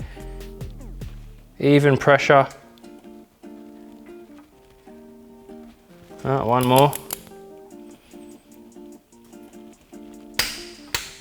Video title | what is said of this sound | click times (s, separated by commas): BNB 80 Ep. 6 -- 1FZ Turbo Engine Build | right there you hear it click there it's | 10.4 s